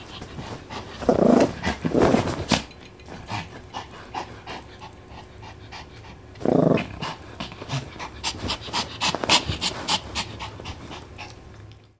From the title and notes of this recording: It’s a dog. Eating from a metal bowl and then fighting with the blankets.